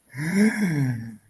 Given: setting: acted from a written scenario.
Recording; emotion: vocal sound without words; awe